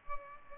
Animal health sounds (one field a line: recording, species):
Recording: mosquito wingbeat signal from an infrared sensor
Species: Culex pipiens